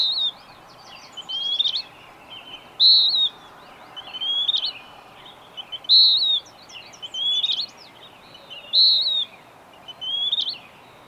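Bird song of bright whistled phrases alternating with softer ones, repeated many times over background hiss.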